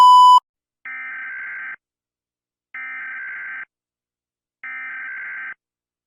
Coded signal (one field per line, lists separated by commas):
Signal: Emergency Alert System (SAME) tones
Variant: header bursts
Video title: HellBreaker’s Rampage (EAS)